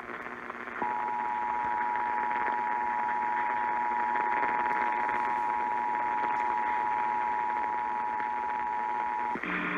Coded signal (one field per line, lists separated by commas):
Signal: Emergency Alert System (SAME) tones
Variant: 853 and 960 Hz attention tone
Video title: Southern Nevada Required Monthly Tests (EAS #2830-2832) 10/28/20